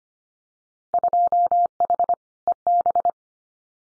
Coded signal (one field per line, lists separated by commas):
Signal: Morse code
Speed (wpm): 25 wpm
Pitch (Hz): 700 Hz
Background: none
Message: 2H EB